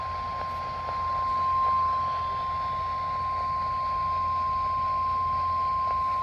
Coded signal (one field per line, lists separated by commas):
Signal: Emergency Alert System (SAME) tones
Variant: 1050 Hz attention tone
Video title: WXJ84 Weekly (11/23/22) EAS 1593